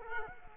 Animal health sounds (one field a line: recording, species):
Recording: mosquito wingbeat signal from an infrared sensor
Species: Culex quinquefasciatus